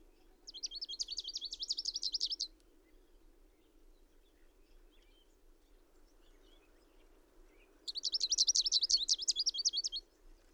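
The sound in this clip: Bird song: two loud, high, rapid trilled phrases about two seconds long, separated by a long pause, with a low steady background hum.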